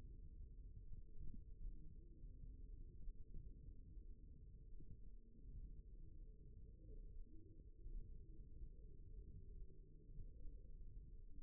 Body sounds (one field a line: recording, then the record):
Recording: forearm muscle sounds (acoustic myography)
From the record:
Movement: thumb flexion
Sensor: system 1, eight BSWA MPA416 microphones around the upper forearm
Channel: 2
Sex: male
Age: 54 years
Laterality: right